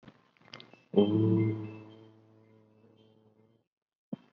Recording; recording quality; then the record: sustained vowel as in boot; poor, much background noise or distortion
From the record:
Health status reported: COVID-19 positive, mild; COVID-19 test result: positive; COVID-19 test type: RT-PCR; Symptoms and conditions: cough, breathing difficulty, fatigue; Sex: male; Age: 30 years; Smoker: no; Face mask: not worn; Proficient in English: yes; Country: India